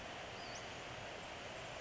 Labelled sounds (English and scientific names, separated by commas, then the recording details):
Western Flycatcher (Empidonax difficilis)
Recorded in Sonoma County, California